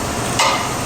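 A cutter attachment is set onto a 7-quart Robot Coupe food processor base at an angle and rotated counterclockwise until it locks into place. Over a steady hiss, a sharp hit sounds at 0.4 s as the attachment seats and locks.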